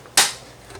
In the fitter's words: it's all in there my peas are labeled i'm going to snap until i hear two clicks